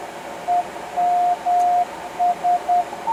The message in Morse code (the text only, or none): EMS